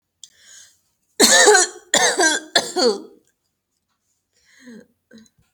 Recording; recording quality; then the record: heavy voluntary cough; excellent, no background noise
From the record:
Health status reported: healthy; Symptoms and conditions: none ticked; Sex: female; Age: 20 years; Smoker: not ticked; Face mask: not worn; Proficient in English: yes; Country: India